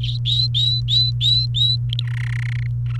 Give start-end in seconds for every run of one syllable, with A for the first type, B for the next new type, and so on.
0.01-1.76 A, 1.89-2.07 B, 2.07-2.67 C, 2.85-3.00 D